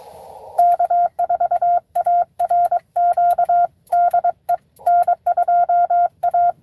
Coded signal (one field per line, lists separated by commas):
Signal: Morse code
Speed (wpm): 22 wpm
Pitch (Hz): 700 Hz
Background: none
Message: K4ARQ DE N2A